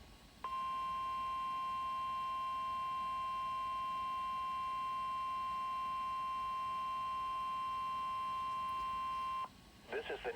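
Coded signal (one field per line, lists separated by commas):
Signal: Emergency Alert System (SAME) tones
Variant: 1050 Hz attention tone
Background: speech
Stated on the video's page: Required Weekly Test from a NOAA Weather Radio station, with added severe weather awareness information.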